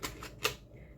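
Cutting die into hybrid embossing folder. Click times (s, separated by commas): 0.4 s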